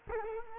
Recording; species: mosquito wingbeat signal from an infrared sensor; Culex quinquefasciatus